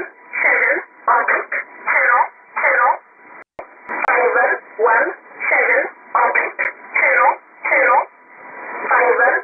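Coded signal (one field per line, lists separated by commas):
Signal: numbers station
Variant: E11 Oblique, English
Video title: 18 01 2018 E11 Oblique Numbers station in English to Eu 0645 on 7840 unknown tx site in USB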